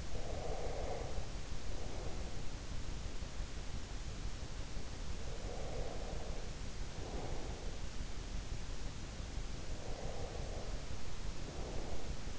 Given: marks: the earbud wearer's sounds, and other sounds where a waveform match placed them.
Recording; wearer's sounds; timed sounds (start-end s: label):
sounds in sleep by an in-ear microphone; breath
0.00-2.65 s: breath
5.17-7.85 s: breath
9.74-12.39 s: breath